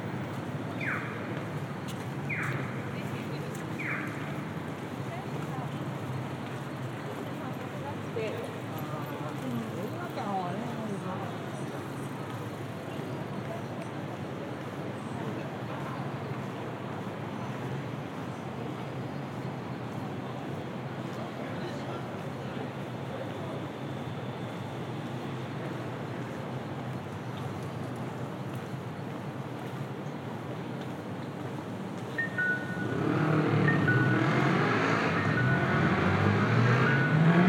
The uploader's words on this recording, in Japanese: 喧騒と静寂の街を歩く（Binaural）-Walk around the city。バイノーラルで街を歩いてみました。